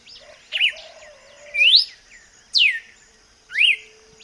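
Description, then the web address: Red-cowled cardinal singing four clear whistled phrases, rising or falling in pitch, roughly one each second, over a continuous high background hum. "vocs paroaria dominicana"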